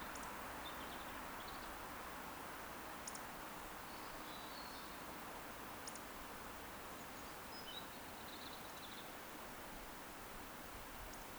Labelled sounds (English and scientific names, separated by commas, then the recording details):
Eurasian Woodcock (Scolopax rusticola) whistle
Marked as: whistle, whistle, whistle, whistle, whistle
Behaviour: display flight
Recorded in Baden-Württemberg, Germany, on 10 June 2021 at 20:14 UTC
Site 43323, 910 m above sea level